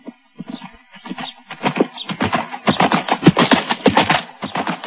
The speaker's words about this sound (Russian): Лошадь скакала так быстро, что камни летели у нее из-под копыт, а оконные стекла дребезжали.